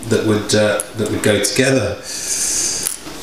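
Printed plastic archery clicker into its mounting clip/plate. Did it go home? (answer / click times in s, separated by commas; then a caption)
yes / 2.9 s. Someone talks while pushing a 3D-printed plastic archery clicker together with its mounting clip or plate. After a stretch of faint hiss, a single sharp mechanical click at 2.9 s marks the parts joining, and the clicker is seated on the clip plate.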